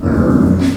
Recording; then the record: squeal of a Yucatan mini pig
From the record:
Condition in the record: after surgery on the right vocal fold (resection and tissue-engineered implant); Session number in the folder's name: 7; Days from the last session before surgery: 47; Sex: female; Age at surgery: 19 weeks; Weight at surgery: 25 kg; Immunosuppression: prednisolone